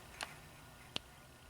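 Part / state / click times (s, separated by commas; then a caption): extraction tool releasing a female crimp pin from a connector housing / released / 1.0 s. An extraction tool is pushed in around a female crimp pin in its connector housing to release the locking wings. A faint tick is heard at 0.2 s, then a sharp, brief click at 1.0 s as the tool clicks onto the pin. The pin is released.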